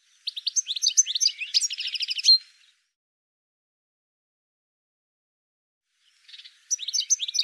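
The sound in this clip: Bird calls: a fast stuttering sequence of high, sharp chirps lasting about two seconds, a long silence, then the rapid chirping starts again.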